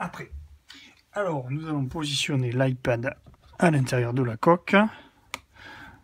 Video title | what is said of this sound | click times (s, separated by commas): Test produit par un reviseur amazon : housse Couverture iPad Pro 12.9 avec porte-pencil | sans aucun mal avec un petit clic à chaque fois | 5.3 s